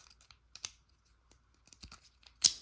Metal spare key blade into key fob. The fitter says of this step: Make sure that clips.